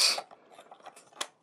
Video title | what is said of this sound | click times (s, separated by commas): Kamen Rider Ghost DX DEEP SLASHER: EmGo's Kamen Rider Reviews N' Stuff | you can see you can only get it in about halfway you can't push it all the way back so it locks as you can see just to the way it's shaped | 1.2 s